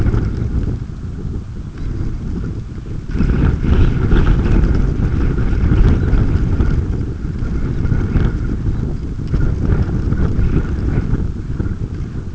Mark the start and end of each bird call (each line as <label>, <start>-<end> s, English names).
Red Phalarope, 0.24-0.51 s
Red Phalarope, 1.65-1.96 s
Red Phalarope, 3.66-3.96 s
Red Phalarope, 5.88-6.11 s
Red Phalarope, 7.61-7.88 s
Red Phalarope, 8.60-8.87 s